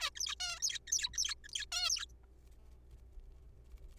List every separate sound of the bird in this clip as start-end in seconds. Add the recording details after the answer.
0.01-0.10, 0.15-0.35, 0.40-0.59, 0.60-0.62, 0.62-0.78, 0.87-0.92, 0.92-1.10, 1.14-1.18, 1.18-1.35, 1.44-1.48, 1.53-1.65, 1.72-1.90, 1.90-2.06. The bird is a juvenile. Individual R3428